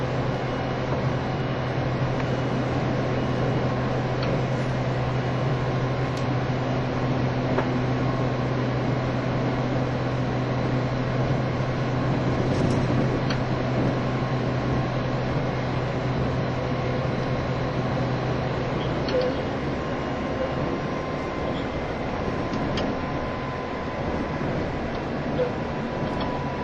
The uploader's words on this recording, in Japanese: E351系 Sあずさ18号02 甲府～八王子。全車引退したJR東日本唯一の振り子式車両であったE351系、速達運用だったSあずさを収録したものです。走行音。